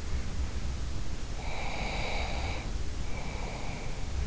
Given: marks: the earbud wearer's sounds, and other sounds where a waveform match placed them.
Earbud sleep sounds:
sounds in sleep by an in-ear microphone; breath
1.37-4.08 s: breath

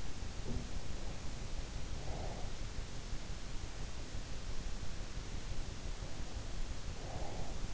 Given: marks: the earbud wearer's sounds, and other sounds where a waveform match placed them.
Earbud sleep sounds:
sounds in sleep by an in-ear microphone; breath
0.37-2.74 s: sound from someone else or the room
0.95-2.74 s: breath
5.73-7.74 s: breath

